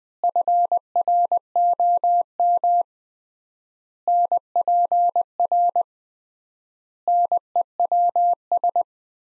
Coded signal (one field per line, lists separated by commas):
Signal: Morse code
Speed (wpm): 20 wpm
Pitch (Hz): 700 Hz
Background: none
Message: FROM NPR NEWS